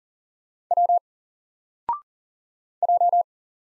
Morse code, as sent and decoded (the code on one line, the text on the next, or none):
.-- / .---
W J